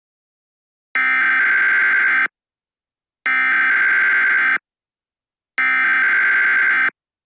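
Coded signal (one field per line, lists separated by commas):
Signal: Emergency Alert System (SAME) tones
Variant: header bursts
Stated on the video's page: Fake reworked EAS tornado warning for Chicago, made in CapCut; not real.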